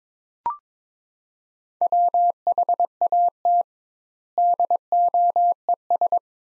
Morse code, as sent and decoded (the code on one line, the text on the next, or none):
.-- .... .- - / -.. --- . ...
WHAT DOES